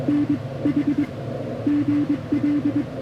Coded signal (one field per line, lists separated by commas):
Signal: Morse code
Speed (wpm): 22 wpm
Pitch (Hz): 290 Hz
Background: none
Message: NH GL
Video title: The Battleship North Carolina: An Amazing POTA Activation Like No Other!